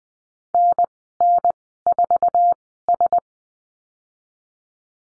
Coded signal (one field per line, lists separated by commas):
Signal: Morse code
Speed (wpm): 20 wpm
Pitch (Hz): 700 Hz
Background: none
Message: NN4S